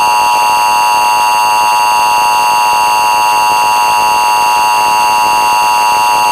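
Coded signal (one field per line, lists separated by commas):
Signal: Emergency Alert System (SAME) tones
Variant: 853 and 960 Hz attention tone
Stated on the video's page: Fictional emergency alert for SCP-966.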